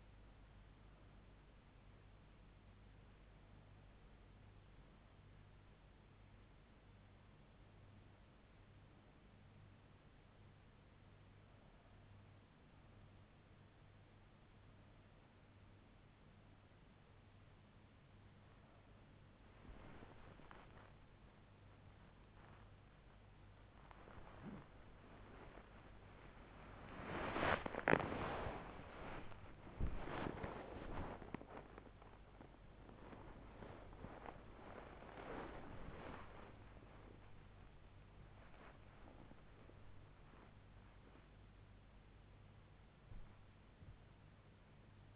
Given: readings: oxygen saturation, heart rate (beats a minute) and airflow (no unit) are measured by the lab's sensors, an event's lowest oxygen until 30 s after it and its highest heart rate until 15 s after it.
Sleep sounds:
a person awake in a sleep study, by a voice recorder at the bedside; 1
2.00-45.16 s: new sleep stage, awake
4.00-22.20 s: hypopnea (scored as awake, oxygen 88% highest, then 88% lowest, heart rate 75 at the start, 92 highest)
4.00-45.16 s: awake
From the record:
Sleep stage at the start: REM sleep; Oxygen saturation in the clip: 88%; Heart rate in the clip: 74 to 101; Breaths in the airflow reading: 10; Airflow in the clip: -5.6 to 7.2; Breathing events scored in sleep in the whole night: 158 in 7.3 hours asleep

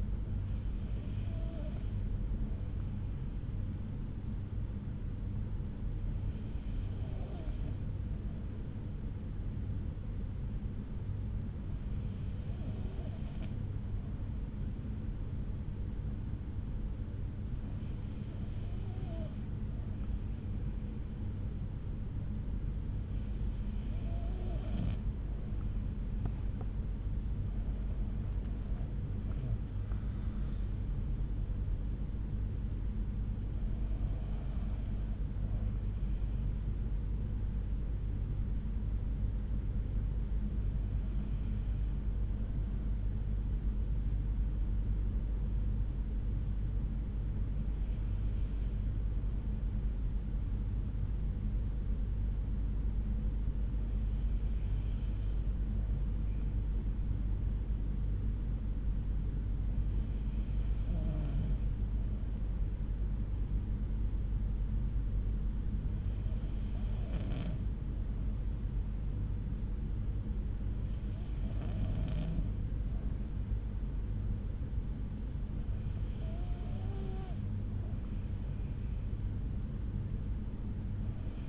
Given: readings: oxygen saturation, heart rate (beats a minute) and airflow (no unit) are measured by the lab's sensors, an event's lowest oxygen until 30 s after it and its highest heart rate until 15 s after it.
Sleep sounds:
breathing in sleep by a smartphone at the bedside; 1
37.00-62.20 s: hypopnea (N2, oxygen 95% highest, then 92% lowest, heart rate 66 at the start, 66 highest)
From the record:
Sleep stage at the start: N2 (light sleep); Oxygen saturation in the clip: 92 to 95%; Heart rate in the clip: 60 to 71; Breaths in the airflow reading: 14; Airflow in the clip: -7.7 to 7.0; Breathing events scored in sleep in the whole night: 368 in 8.0 hours asleep

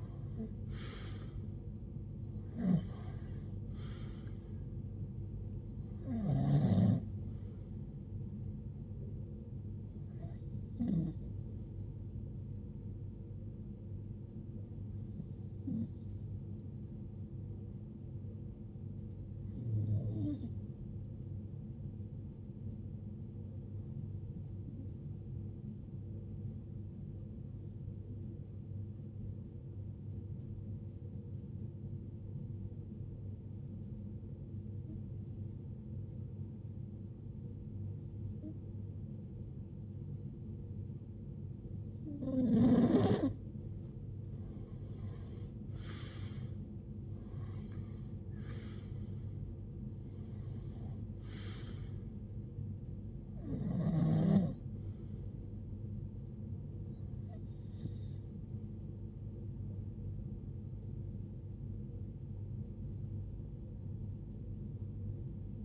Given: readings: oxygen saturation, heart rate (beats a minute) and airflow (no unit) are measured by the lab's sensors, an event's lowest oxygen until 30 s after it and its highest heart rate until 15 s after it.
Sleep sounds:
breathing in sleep by a smartphone at the bedside; 1
29.00-46.60 s: hypopnea (REM, oxygen 96% highest, then 93% lowest, heart rate 68 at the start, 80 highest)
From the record:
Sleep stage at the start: REM sleep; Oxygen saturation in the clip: 90 to 96%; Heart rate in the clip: 54 to 80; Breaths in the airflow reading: 17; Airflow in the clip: -15.2 to 13.7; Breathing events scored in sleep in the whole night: 389 in 6.3 hours asleep

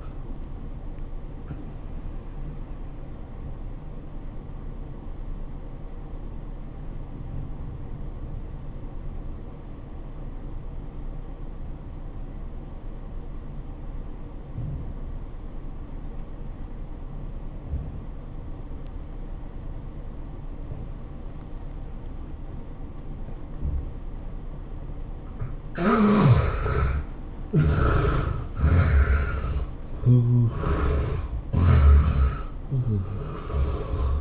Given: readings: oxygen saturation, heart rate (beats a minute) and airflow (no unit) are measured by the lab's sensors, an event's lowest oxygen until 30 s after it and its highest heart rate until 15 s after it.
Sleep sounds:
breathing in sleep by a smartphone at the bedside; 1
4.00-26.00 s: obstructive apnea (N2, oxygen 96% highest, then 73% lowest, heart rate 91 at the start, 107 highest)
From the record:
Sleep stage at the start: N2 (light sleep); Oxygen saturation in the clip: 71 to 96%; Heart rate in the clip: 81 to 109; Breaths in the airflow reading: 3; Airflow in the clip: -14.0 to 13.7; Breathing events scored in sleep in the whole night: 403 in 5.5 hours asleep

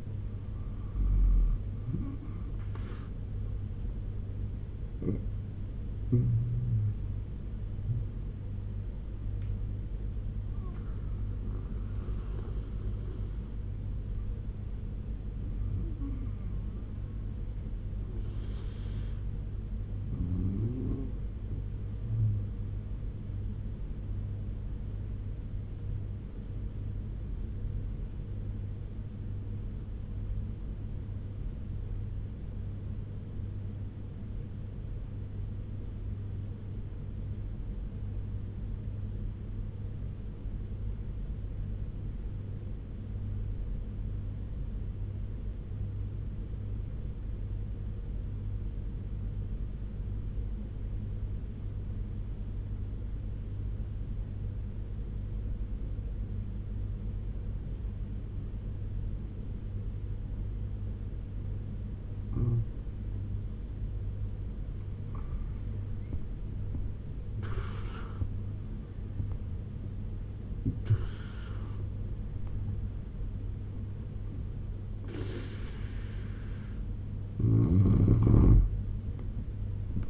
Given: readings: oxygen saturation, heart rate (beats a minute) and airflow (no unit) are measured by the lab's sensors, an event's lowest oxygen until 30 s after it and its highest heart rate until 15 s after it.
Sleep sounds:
breathing in sleep by a smartphone at the bedside; 1
30.00-62.00 s: obstructive apnea (N2, oxygen 96% highest, then 87% lowest, heart rate 76 at the start, 88 highest)
63.00-80.10 s: new sleep stage, N1 (lightest sleep)
From the record:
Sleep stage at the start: N2 (light sleep); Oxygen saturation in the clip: 87 to 97%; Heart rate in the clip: 72 to 88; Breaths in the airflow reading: 11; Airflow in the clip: -8.1 to 11.7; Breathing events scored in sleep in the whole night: 201 in 6.5 hours asleep

